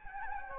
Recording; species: mosquito wingbeat signal from an infrared sensor; Anopheles gambiae